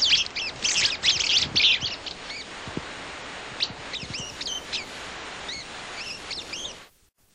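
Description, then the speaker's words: Willow Flycatcher interaction calls: a dense burst of high squeals and squeaks at the start, followed by spaced, thin squeaky notes over faint hiss. Mated pair's vocal interaction of squeaks and squeals, given in times of excitement or stress; recorded in Grand Canyon. "Here is a vocal interaction between a mated pair of flycatchers recorded in Grand Canyon."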